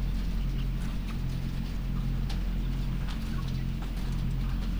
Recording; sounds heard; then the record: poultry house recording; sick chickens (respiratory disease)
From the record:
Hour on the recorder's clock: 5